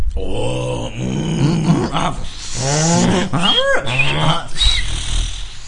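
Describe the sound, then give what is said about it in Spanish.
A Brachiosaurus call from the film Jurassic Park, built from blended whale and donkey sounds: a string of loud, moaning, tonal cries that bend up and down in pitch over a low rumble, with no talking. “Los sonidos que hacen los brachiosaurus en Jurassic Park eran los sonidos combinados de ballenas y burros.”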